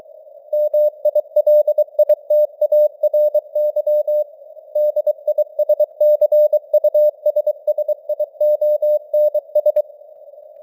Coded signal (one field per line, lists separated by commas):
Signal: Morse code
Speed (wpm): 23 wpm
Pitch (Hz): 600 Hz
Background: none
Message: MILITARY DISCUSSIONS